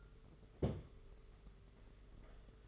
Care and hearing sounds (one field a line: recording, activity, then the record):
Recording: daily activity, microphone in the room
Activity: place on stove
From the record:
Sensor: 4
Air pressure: 991.9 hPa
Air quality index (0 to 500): 85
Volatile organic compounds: 6 ppm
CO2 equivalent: 1945 ppm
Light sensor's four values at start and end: 22/75/27/29 and 22/75/27/29